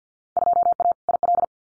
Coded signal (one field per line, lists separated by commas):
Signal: Morse code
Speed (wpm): 50 wpm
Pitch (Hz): 700 Hz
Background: none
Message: 2A IL